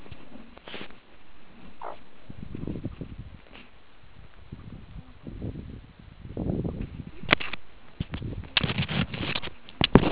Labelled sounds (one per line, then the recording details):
meerkat close call
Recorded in the Kuruman River Reserve, South Africa
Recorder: an audio tag on a meerkat's collar